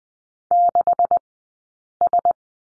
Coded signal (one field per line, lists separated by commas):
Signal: Morse code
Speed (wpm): 20 wpm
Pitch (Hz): 700 Hz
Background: none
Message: 6S